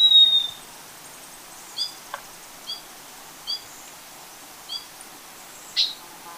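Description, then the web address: Yellow-collared chlorophonia with paired high, slightly down-slurred notes repeated roughly every second against a quiet background. Recorded in Ecuador. "Birds of Ecuador. Yellow-collared Chlorophonia"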